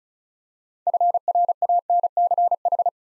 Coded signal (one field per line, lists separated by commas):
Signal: Morse code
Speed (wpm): 36 wpm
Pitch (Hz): 700 Hz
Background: none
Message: FRANCH